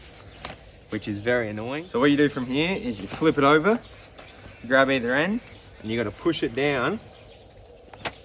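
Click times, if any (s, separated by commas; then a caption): 8.0 s. Someone talks while a folding camp chair is flipped over and both ends of its frame are pushed down. A sharp click at 8.1 s is the frame joint locking open, seating the chair frame in place.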